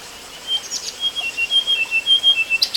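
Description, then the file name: Chinese blue flycatcher singing a rapid series of clear, high whistles that alternate between two pitches, ending with a few sharp notes, against steady hiss. Recorded between Ya'an and Wawu, Sichuan, China, on 5 June 2011. "Chinese Blue Flycatcher Yaan To Wawu Sichuan 5 June 2011 Jvd W"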